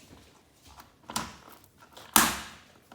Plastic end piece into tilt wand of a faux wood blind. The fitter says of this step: here and find a little end piece and stick it right in that little hole until it clicks. Listen.